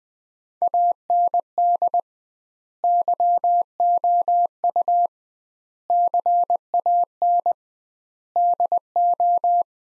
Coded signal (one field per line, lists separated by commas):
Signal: Morse code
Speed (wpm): 20 wpm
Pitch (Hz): 700 Hz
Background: none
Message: AND YOU CAN DO